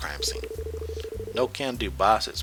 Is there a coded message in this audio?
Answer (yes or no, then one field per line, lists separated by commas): no